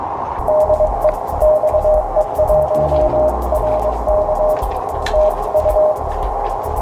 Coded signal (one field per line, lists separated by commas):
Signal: Morse code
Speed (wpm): 21 wpm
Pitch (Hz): 620 Hz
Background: none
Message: DE XE1RK TU